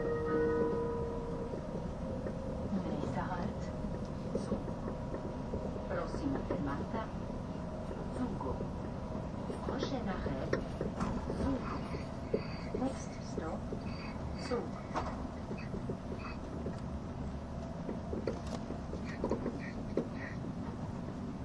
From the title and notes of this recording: SBB線 ETR610形 EC311レ 01/01:Zurich HB～Chiasso. In Switzerland, the ETR610 type Eurocity (EC), which is the main tilting vehicle, and the train on the Gotthard Tobasis Tunnel route, which can demonstrate both high speed performance and curve passing performance, are recorded.